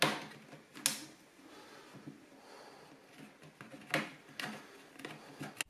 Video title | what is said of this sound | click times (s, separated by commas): Lenovo Legion Y530 / Y540 Disassembly and RAM upgrade | You'll hear some clicks as the clips are undone. | 0.0 s, 0.9 s, 3.9 s, 4.4 s, 5.6 s